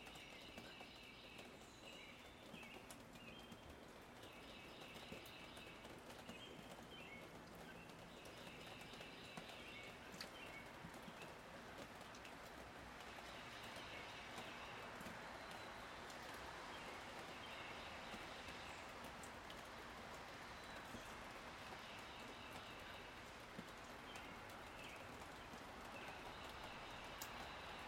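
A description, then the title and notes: Steady rain drips from a roof in a dense, even patter that holds for the whole half-minute and thickens slightly after about twelve seconds. High, clear birdsong or chime-like tones repeat in short phrases above it, with a low rumble underneath. Raindrops, Wind Chimes, and Birds at Sunrise. Rain drops from the roof.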